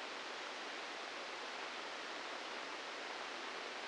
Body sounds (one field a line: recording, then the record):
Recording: brain microelectrode recording played as sound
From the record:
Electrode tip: inside the subthalamic nucleus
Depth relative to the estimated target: 0 mm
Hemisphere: left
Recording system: NeuroSet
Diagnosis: Parkinson's disease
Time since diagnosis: 15 years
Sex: female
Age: 59 years